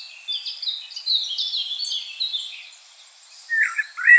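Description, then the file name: Common blackbird singing a quick high twittering passage, then a brief pause before a pair of fuller, lower whistled notes at the close. "Turdus merula"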